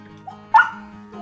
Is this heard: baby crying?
no